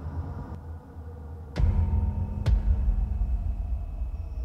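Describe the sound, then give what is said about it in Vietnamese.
Three heavy thumps, the hopping steps of a horde of jiangshi (hopping corpses) at the foot of a mountain, land about a second apart, the first soft and the next two sharp and loud, over a deep rumbling low drone that swells after the second hit. “Từng nhịp nhảy của bầy cương thi nó vang lên, tựa như là nhịp tim người ta đang đập, căng thẳng vô cùng.”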